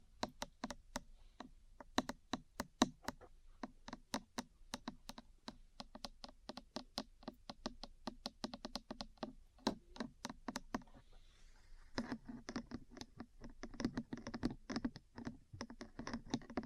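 Metal parts tap in quick, irregular bursts, each a sharp click with a bright ring, coming several times a second for most of the clip. After about twelve seconds the taps grow denser and rougher, running together with a scratchy, grinding texture underneath.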